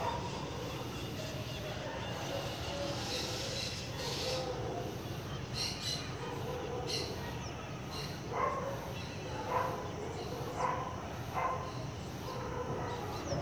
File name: Ambiencia residencial goiania em fim de tarde com passaros, cachorros e grilos, no final fica mais silencioso